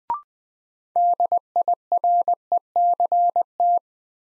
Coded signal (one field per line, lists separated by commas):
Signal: Morse code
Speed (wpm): 20 wpm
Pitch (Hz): 700 Hz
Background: none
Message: DIRECT